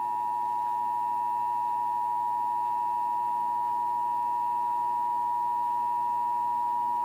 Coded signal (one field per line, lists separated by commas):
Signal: Emergency Alert System (SAME) tones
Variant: 853 and 960 Hz attention tone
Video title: EAS #19: Required Monthly Test